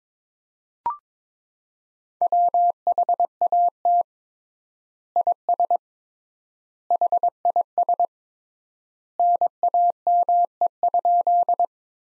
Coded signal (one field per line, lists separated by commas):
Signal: Morse code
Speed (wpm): 22 wpm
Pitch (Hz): 700 Hz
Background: none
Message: WHAT IS HIS NAME?